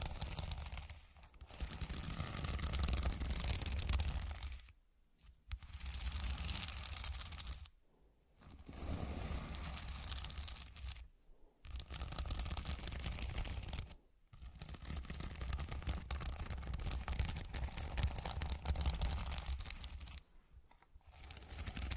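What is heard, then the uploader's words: Continuous scratching comes in long, dense, rough strokes lasting a few seconds each, with a steady low rumble underneath. Brief silent gaps break it up about every three seconds, near 1, 5, 8, 11, 14 and 20 seconds, before the scraping resumes at similar strength. Pure Scratching.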